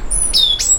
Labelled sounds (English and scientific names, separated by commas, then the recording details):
Stitchbird (Notiomystis cincta) song
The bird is a male
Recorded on Tiritiri Matangi Island, New Zealand, in 2005
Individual 12, of nest box 16